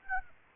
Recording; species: mosquito wingbeat signal from an infrared sensor; Aedes aegypti